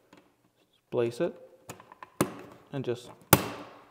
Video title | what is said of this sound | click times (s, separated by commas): Lutron Receptacle and Wall plate installation | push until the snaps into place and there you go fully installed | 3.3 s